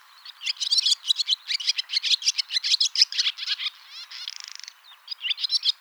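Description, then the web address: Barn swallow twittering: rapid rhythmic series of short chirping notes, a brief buzzy rattle near the end, then more chirps. "hirundo rustica call"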